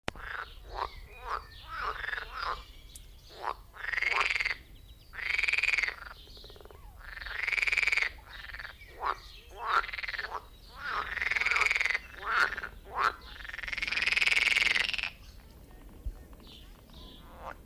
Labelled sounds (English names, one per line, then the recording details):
Edible Frog call
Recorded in the wild
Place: Lübars, Berlin, DE
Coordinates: 52.6167, 13.35
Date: 1998-05-29 20:42
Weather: heiter, 24°C
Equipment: Sony MD-WM MZ-R3, Sennheiser MKH 416 T, Kopie Uher 4000 Report Monitor
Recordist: Tembrock, Günter